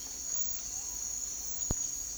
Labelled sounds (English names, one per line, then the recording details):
none
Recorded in secondary vegetation near Puerto Asís, Putumayo, Colombia, on 8 March 2025 at 08:00
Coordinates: 0.499, -76.323
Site G094